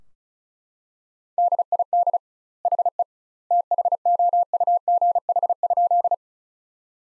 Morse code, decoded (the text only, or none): DID HE THOUGH?